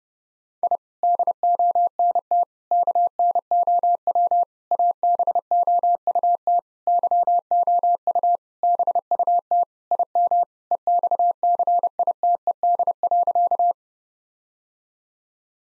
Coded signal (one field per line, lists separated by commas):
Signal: Morse code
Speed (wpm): 30 wpm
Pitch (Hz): 700 Hz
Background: none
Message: I DONT KNOW ABOUT YOU BUT IM EXCITED.